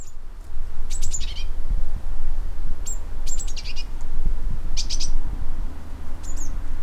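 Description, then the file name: Eurasian blue tit calls: high thin notes in quick clusters, a couple trailing into short descending stepped series, heard over constant low-pitched background rumble. "Cyanistes caeruleus"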